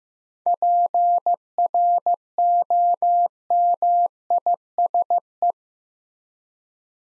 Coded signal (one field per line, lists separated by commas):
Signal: Morse code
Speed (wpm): 15 wpm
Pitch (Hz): 700 Hz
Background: none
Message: PROMISE